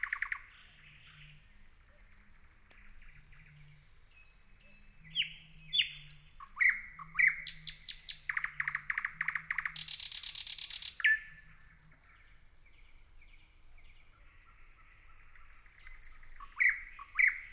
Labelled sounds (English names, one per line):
Thrush Nightingale